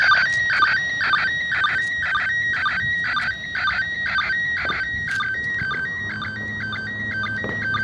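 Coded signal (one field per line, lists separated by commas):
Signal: SSTV (slow-scan television)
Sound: warbling, chirping tones repeating about twice a second, with short low sync blips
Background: radio static, low hum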